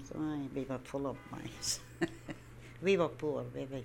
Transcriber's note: she laughs